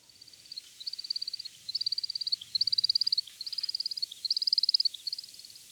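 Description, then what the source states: American woodcock flight display: rapid high chipping twitter in short bursts, each run of even notes broken by brief gaps. Male's courtship display flight, calling while flying until it attracts a female; sounds like a small songbird, unlike the peent call.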